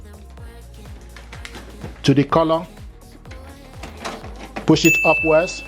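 A tri-color ink cartridge is handled at the carriage slot of an HP DeskJet 4120e printer, to be pushed upward until it latches. Someone talks over background music, with a few small taps and knocks. Nothing has seated or clicked yet.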